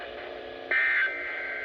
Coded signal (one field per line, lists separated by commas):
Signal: Emergency Alert System (SAME) tones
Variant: end-of-message bursts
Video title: CRAZANITY I: THE STORMS RETURN... EAS Alerts from 5/26/21 (EAS #221-259)